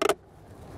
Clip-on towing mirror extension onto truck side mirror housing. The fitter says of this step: snaps into place we have a smaller mirror compared to some of the other ones